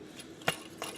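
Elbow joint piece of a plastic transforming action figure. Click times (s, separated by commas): 0.5 s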